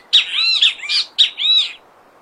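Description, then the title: Great kiskadee song: loud, harsh three-part phrase of buzzy arched notes, followed quickly by a shorter two-part phrase, over a quiet hiss. Wild bird singing in nature in Brazil. "O CANTO DO BEM TE VI NA NATUREZA Aves Do Brasil"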